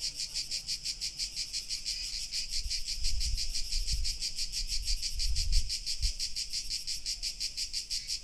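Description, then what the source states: Crickets chirping in a steady pulsing chorus, about three pulses per second, high and buzzy, with low rumbling noise in the background. Crickets recorded in August.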